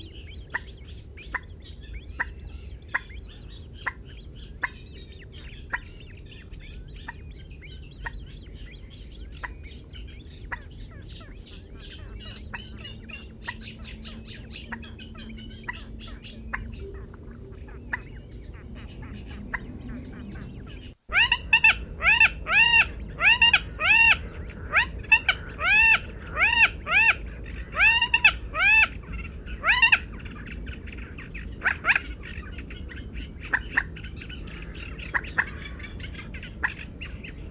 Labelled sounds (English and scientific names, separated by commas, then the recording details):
Common Moorhen (Gallinula chloropus) call
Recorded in the wild
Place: Retgendorf, Mecklenburg-Vorpommern, DE
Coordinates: 53.729, 11.504
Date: 1972-06-17
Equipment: Nagra III BH, Sennheiser MD 21, parabola
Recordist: Schubert, Michael